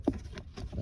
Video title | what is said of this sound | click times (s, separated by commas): How to Wire a Leer Truck Topper Third Brake Light (CHMSL) and Automatic Lock and Unlock Functions | also clicks into place. | 0.1 s